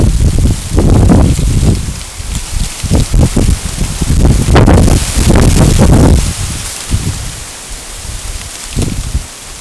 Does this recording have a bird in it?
no